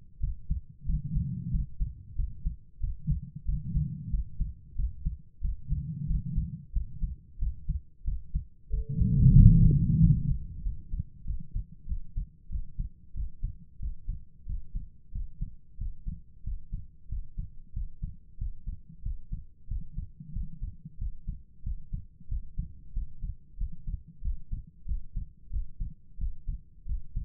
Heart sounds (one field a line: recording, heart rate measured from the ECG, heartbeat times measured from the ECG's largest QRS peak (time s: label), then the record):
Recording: heart sounds by stethoscope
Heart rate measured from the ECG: 92 bpm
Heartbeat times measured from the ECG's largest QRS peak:
0.19 s: heartbeat
0.85 s: heartbeat
1.50 s: heartbeat
2.14 s: heartbeat
2.79 s: heartbeat
3.44 s: heartbeat
4.09 s: heartbeat
4.74 s: heartbeat
5.40 s: heartbeat
6.06 s: heartbeat
6.71 s: heartbeat
7.38 s: heartbeat
8.03 s: heartbeat
8.69 s: heartbeat
9.34 s: heartbeat
9.99 s: heartbeat
10.61 s: heartbeat
11.24 s: heartbeat
11.85 s: heartbeat
12.48 s: heartbeat
13.13 s: heartbeat
13.78 s: heartbeat
14.44 s: heartbeat
15.10 s: heartbeat
15.76 s: heartbeat
16.42 s: heartbeat
17.07 s: heartbeat
17.71 s: heartbeat
18.36 s: heartbeat
19.01 s: heartbeat
19.66 s: heartbeat
20.31 s: heartbeat
20.96 s: heartbeat
21.61 s: heartbeat
22.27 s: heartbeat
22.91 s: heartbeat
23.56 s: heartbeat
24.20 s: heartbeat
24.84 s: heartbeat
25.49 s: heartbeat
26.16 s: heartbeat
26.84 s: heartbeat
From the record:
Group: healthy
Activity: rest 0-10 s, breath hold 10-27 s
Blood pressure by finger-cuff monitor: 117/68 mmHg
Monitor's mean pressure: 86 mmHg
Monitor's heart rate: 91 bpm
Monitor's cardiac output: 7.5 L/min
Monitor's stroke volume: 80 mL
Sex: female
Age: 32 years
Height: 172 cm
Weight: 71.7 kg